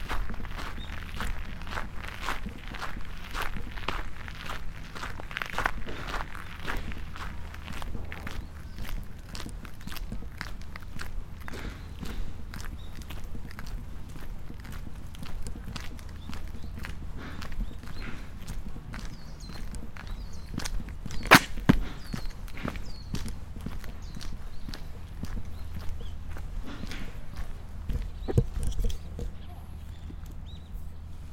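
Walking at Nijō Castle in Kyoto: footsteps fall in a quick, steady series of crisp clicks and scrapes throughout, with a low hum underneath. A sharper knock stands out around 21 seconds and another near 28, and faint voices drift in the background.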